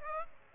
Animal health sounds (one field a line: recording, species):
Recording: mosquito wingbeat signal from an infrared sensor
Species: Aedes aegypti